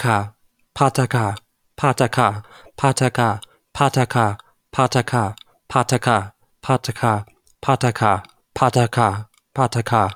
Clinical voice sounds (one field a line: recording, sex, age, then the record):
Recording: repeated syllables /pa ta ka/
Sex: male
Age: 30 to 39 years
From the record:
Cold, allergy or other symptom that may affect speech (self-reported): no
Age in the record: 31 years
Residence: Texas, United States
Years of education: 14